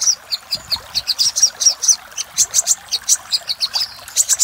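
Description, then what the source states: Little spiderhunter song: a fast run of sharp, high chipping notes. Master recording for training cage birds; labelled Labaik.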